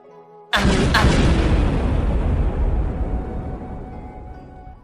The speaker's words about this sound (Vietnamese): Trọn cả thiên yêu động chợt trùng lên, sân thể ầm ầm vang dậy như là đang có địa chấn. Thạch đạo uốn lượn rạn nứt, đá vụn bắt đầu lăn xuống.